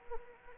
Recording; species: mosquito wingbeat signal from an infrared sensor; Anopheles arabiensis